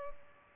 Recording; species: mosquito wingbeat signal from an infrared sensor; Culex pipiens